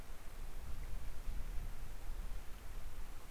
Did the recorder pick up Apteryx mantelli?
no